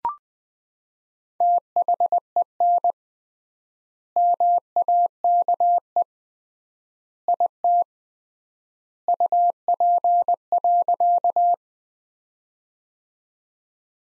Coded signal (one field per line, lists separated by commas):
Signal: Morse code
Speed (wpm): 19 wpm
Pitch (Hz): 700 Hz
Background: none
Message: THEN MAKE IT UP.